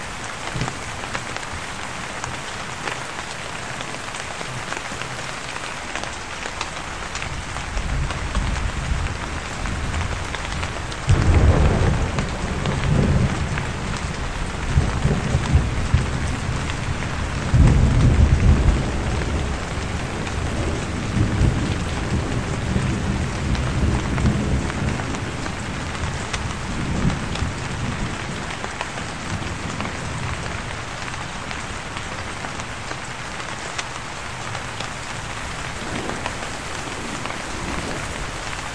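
Steady rain falls throughout, a dense even hiss of drops pattering on surfaces. Low thunder rumbles swell around eleven seconds and again near eighteen, with softer rolls continuing until about twenty-five seconds before the rain settles back alone.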